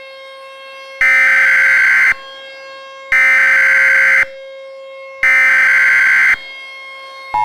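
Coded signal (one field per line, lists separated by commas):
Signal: Emergency Alert System (SAME) tones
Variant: header bursts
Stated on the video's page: Fictional scenario, not a real alert.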